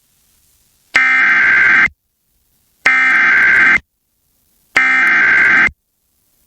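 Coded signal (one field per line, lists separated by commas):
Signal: Emergency Alert System (SAME) tones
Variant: header bursts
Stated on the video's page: Severe thunderstorm warning relayed by FM station KALT.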